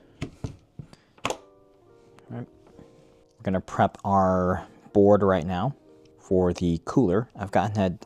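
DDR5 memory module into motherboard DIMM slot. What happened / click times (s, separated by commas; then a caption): The memory module clicked into its slot / 1.2 s. A second DDR5 memory module is pushed into the other DIMM slot on a motherboard, and a few light taps lead up to one strong click at 1.3 s as the module seats. Afterward, someone talks.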